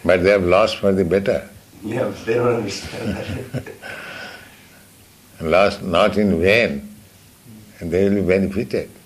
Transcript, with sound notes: But they have lost for the better.
Yes, but they don't understand that. [laughter]
Lost not in vain. They will be benefited.